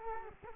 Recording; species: mosquito wingbeat signal from an infrared sensor; Culex quinquefasciatus